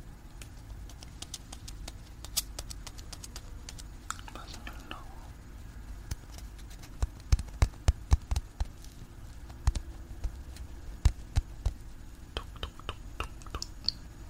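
Soft eating and touching sounds, with rapid irregular clicks and taps over a low steady rumble and a brief whisper near five seconds.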